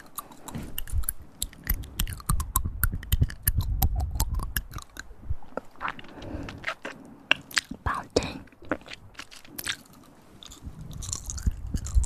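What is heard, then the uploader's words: Mic triggers: dense, irregular crisp clicks and crunchy taps over a low muffled rumble, thinning briefly near ten seconds before resuming. TimASMR- Mic triggers for Tingles.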